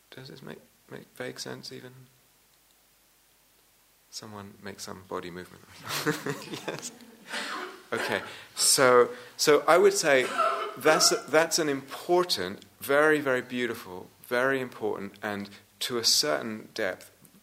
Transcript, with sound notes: Does this make vague sense even? Someone make some body movement. [laughter] Yes? Okay. So I would say that's an important, very, very beautiful, very important, and to a certain depth